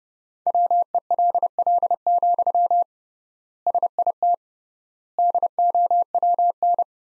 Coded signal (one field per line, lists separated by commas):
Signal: Morse code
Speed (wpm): 32 wpm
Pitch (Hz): 700 Hz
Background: none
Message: WELL, SIT DOWN